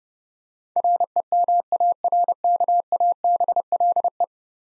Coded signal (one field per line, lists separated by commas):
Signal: Morse code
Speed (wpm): 30 wpm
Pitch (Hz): 700 Hz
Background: none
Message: REMARKABLE